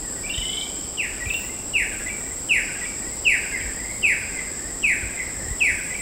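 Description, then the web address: Chestnut-collared kingfisher calling: a steady run of sharp, downslurred whistled notes, about one every three-quarters of a second, over a constant high insect drone. Recorded at Sepilok on 5 August 2009. "SEPILOK 20090805. chestnut-collared kingfisher"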